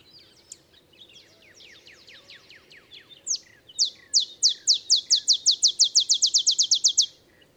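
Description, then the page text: Olive sparrow song: softer scattered chirps, then loud, high downslurred chips speeding up into a fast series. Male olive sparrow; simple songs likened to a field sparrow's bouncing ball song; early morning in Texas, 50 miles north of the Mexican border. "Olive sparrow. Recording early morning just 50 miles north of the Mexican border in Texas"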